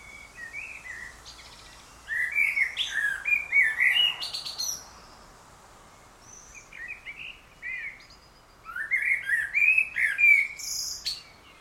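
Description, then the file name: Common blackbird song: two main warbling phrases, each ending in thin high squeaky twittering, separated by a lull with a few softer notes. "Turdus merula"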